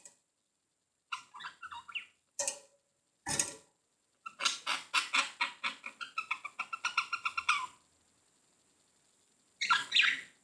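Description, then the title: Budgerigar chatter with a rapid series of sharp, clicking, ticking notes in the middle, plus scattered squeaks and a harsh burst at the end. "Budgie Sounds"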